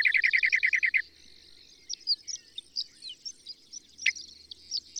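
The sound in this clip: Birdsong opens with a fast run of loud, even chirps, then gives way to softer, scattered high twittering and one sharp downward note.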